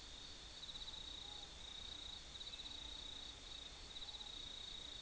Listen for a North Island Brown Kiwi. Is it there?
no